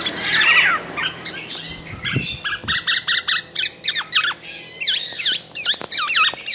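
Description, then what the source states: Black-naped oriole starting with a harsh squawk, then repeating clipped V-shaped notes in quick regular bursts, with a couple of low thumps early on. Singing vigorously and continuously (gacor), said to sing until exhausted.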